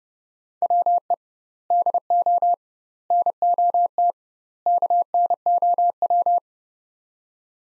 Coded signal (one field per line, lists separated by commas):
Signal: Morse code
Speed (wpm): 32 wpm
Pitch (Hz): 700 Hz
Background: none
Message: WE DO NOT KNOW